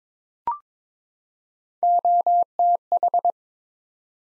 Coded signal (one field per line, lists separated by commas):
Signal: Morse code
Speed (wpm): 22 wpm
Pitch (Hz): 700 Hz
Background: none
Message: OTH